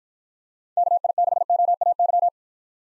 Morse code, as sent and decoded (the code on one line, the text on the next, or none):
-.- .. -.... --- .- -.--
KI6OAY